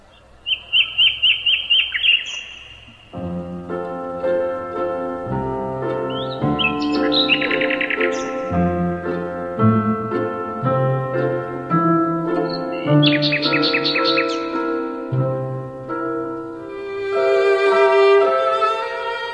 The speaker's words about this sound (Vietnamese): Mở đầu là tiếng chim họa mi hót nè, rồi mới đến một dòng nhạc thật là êm ái, thật là đẹp đẽ trên chiếc vĩ cầm và dàn giao hưởng.